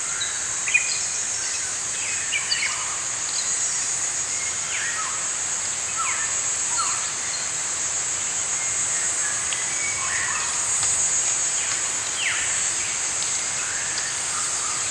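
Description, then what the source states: Birds singing, scattered short chirps and slurred whistles from several birds throughout, over a steady high insect drone. Morning birds singing in a forest.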